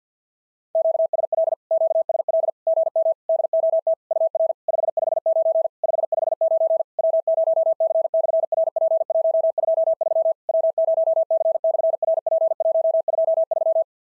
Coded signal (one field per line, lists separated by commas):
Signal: Morse code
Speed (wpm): 50 wpm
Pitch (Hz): 650 Hz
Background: none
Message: QSL QSL GM DOT UR 559 559 W0C/RP123 W0C/RP123